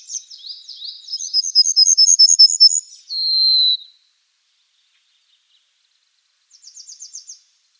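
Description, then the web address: Pine bunting song, a quick high trill of clipped notes followed by a long even buzzy tone, then the start of another brief trill. "Schulze Peter Pine Bunting"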